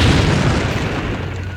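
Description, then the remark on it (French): A loud explosion of a diabolo-shaped spaceship destroyed by an attacking longboat: a deep, rumbling boom with a broad roaring wash that holds steady and slowly thins out over under two seconds, with no voices. “La chaloupe attaque le vaisseau, qui appartient au peuple des Fontaines, et arrive à le détruire.”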